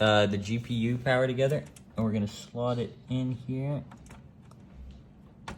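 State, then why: Seated. A PCIe power cable plug is lined up with a graphics card's power socket and pushed down until it locks into place. Someone talks over faint handling noises. A sharp click at 5.5 s marks the GPU power connector seating.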